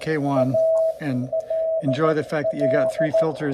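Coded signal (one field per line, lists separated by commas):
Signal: Morse code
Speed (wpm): 14 wpm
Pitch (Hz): 650 Hz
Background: speech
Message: ALL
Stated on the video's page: CW compared on an Elecraft K1 and an FT-817 with noise blanker on, preamp off, RF gain low and the CW note tuned for peak.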